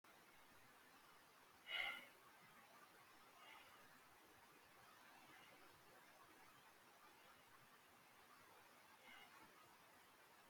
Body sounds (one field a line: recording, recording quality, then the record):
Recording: shallow breathing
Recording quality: excellent, no background noise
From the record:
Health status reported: healthy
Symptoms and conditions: none ticked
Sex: male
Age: 25 years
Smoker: not ticked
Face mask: not worn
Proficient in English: no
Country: India